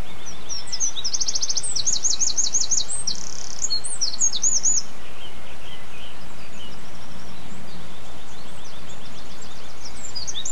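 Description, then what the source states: Bird song: rapid, high, ticking trills repeated in bursts through the first half, then only faint scattered notes over a steady low rumble. Bird songs recorded on 11 04 07 with an MZ-N710 minidisc recorder; excerpt.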